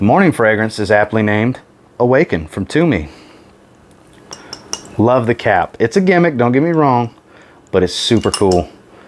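Someone talks while handling the gimmick cap of a Tumi Awaken cologne bottle, with a few small taps and clicks between about 3.9 and 4.7 seconds as the cap is fitted back onto the bottle. The clip ends before the cap locks into place, so nothing has seated yet.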